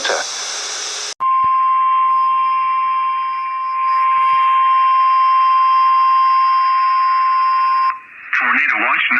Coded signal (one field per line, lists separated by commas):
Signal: Emergency Alert System (SAME) tones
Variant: 1050 Hz attention tone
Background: speech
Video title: So Many Severe Thunderstorms/Tornadoes/Special Marines/Tornado Watches (11/30/22) (EAS 7-23)